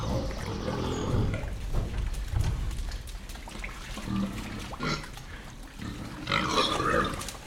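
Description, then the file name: Pig grunts, low and irregular, mixed with wet splashing and sloshing sounds as the animals move about. Three pigs moving through wet mud inside a shed, grunting. "animals pigs movement wet mud inside shed with grunts"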